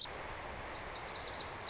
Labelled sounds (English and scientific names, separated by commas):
Lazuli Bunting (Passerina amoena)